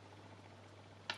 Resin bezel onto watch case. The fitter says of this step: like so snap it on and then just push this way